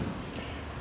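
A battery slice is held at an angle against the underside of a laptop so its connector lines up with the laptop's connector, ready to be pressed until it snaps in place. Only a steady, low handling rumble is heard, with no sharp transients. Nothing has seated or clicked yet.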